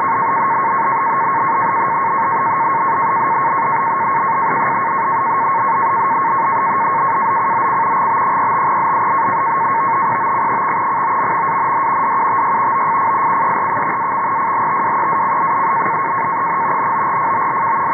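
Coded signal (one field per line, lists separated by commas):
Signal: NAVTEX (SITOR-B)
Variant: 100 baud SITOR-B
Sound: continuous rapid warbling between two close tones around 1 kHz over hiss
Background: radio static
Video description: Here I am receiving and decoding a NAVTEX-SITORB message from the station in Norfolk, VA. I was tuned to 517 kHz Upper Sideband in order to capture the audio from the signal centered on 518 kHz.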